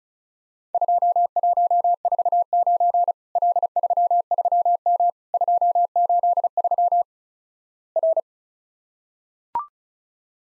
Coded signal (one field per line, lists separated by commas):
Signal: Morse code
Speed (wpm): 36 wpm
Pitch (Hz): 700 Hz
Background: none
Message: 2149 L33M 283 R